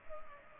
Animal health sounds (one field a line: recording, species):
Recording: mosquito wingbeat signal from an infrared sensor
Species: Culex pipiens